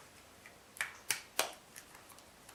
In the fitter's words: feel it click together